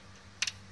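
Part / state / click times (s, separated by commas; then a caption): torque wrench on a position sensor mounting screw / torque reached / 0.4 s. A torque wrench set to 10 N·m tightens the mounting screws of a position sensor housing progressively. A short, sharp tick at 0.4 s, followed by a second fainter one at 0.5 s, marks the wrench reaching its setting over a quiet low hum.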